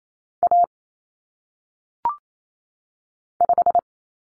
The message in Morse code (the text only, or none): A 5